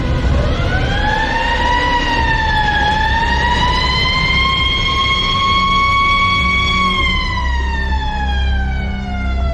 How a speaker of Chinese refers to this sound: 在凄厉的警笛声中，正在华德路红星帮开会的共产党人汤世全、汤世伦、费达夫，以及正在华德路小学上课的刘征，都相继被军警抓捕带走。